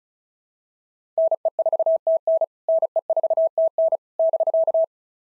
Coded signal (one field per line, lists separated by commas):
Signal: Morse code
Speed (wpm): 36 wpm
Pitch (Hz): 650 Hz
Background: none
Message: NE4TN NE4TN <BK>